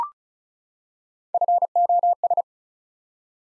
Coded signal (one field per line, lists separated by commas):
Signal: Morse code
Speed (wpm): 36 wpm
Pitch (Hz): 700 Hz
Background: none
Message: FOS